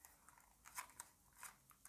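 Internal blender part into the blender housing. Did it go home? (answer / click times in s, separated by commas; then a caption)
no / none. While reassembling an Arzum Ironmix blender, an internal part is pushed into place in the blender housing. Short crunchy, crackling scrapes and taps are heard, with sharp transients near 1.0 s and 1.9 s. The part fails to seat, and nothing has seated or clicked yet.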